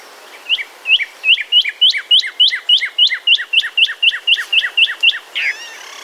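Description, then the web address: Cardinal singing a rapid run of many clear downslurred whistles, about four per second, finishing with a short rough note. "bird cardinal"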